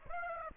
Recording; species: mosquito wingbeat signal from an infrared sensor; Aedes aegypti